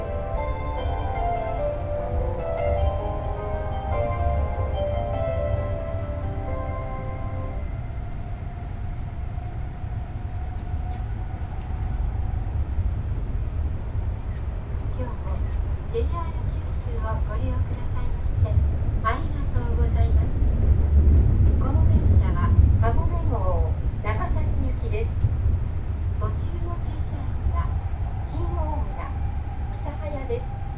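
Aboard the Kamome Shinkansen, a steady low rumble runs throughout, with a chime melody for the first eight seconds, then a spoken announcement.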